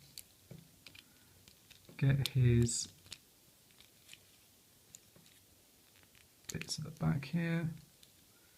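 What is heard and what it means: A plastic limb or panel of a transforming action figure is handled as it is folded back toward its locking slot, with small clicks and taps of plastic between bursts of someone talking. Nothing has seated or clicked into place yet.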